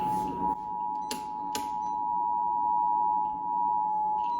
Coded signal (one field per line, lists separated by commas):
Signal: Emergency Alert System (SAME) tones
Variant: 853 and 960 Hz attention tone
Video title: Unexpected Marginal (EAS# 177-179)